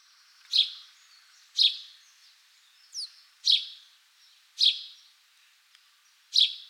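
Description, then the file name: House sparrow chirping: several short, bright chirps, one of them fainter. "Passer domesticus"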